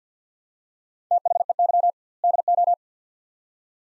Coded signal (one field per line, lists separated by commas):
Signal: Morse code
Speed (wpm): 46 wpm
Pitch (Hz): 700 Hz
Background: none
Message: THEY DO